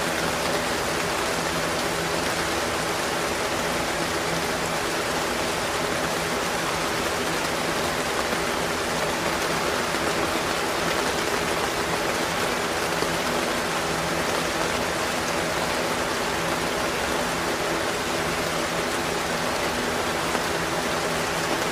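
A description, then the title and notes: Rain falls in a thick, unbroken hiss across the whole 22 seconds, bright with no letup. Underneath, a fan hums steadily, adding a low, even drone with faint tonal lines that never change. Fan Noise & Rain Sounds to Sleep. The rain falling sounds and the fan humming its tune.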